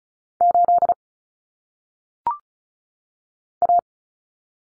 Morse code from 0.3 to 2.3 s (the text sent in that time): 8